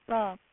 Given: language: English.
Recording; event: throat vibration sensor signal played as sound; speech